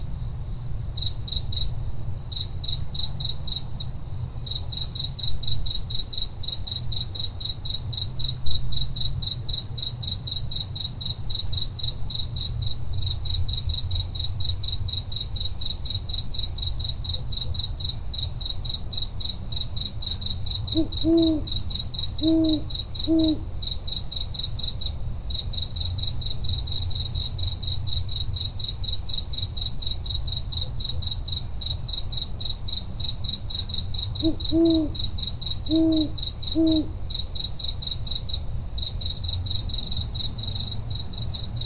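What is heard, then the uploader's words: Crickets chirp in a steady, fast, high-pitched trill that runs unbroken through the whole night scene. An owl hoots twice, in short groups of three soft calls around the middle and again near the end. A low, constant rumble sits underneath. The tranquil sounds of a summer's night, filled with the calming songs of crickets and the occasional hooting of an owl. Crickets and Owls.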